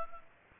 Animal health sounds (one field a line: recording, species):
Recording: mosquito wingbeat signal from an infrared sensor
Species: Culex pipiens